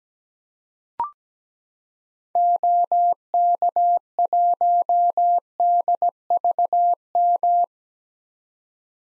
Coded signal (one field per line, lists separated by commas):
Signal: Morse code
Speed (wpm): 17 wpm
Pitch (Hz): 700 Hz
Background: none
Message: OK1DVM